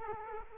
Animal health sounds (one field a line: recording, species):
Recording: mosquito wingbeat signal from an infrared sensor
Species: Culex quinquefasciatus